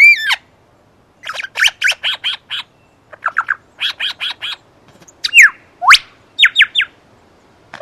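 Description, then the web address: Superb lyrebird song: a bright down-slurred whistle, then clustered chattering chips in quick groups, followed by sweeping whistles and a few clear repeated notes. "earth naturelibrary assets s su superb lyrebird"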